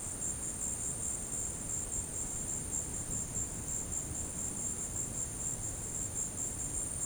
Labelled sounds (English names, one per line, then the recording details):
none
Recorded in dense forest near Puerto Asís, Putumayo, Colombia, on 20 February 2024 at 14:00
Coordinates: 0.486, -76.316
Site G6437